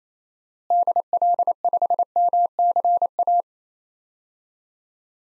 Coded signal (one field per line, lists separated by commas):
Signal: Morse code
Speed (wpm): 28 wpm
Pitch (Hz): 700 Hz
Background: none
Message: DL5MCA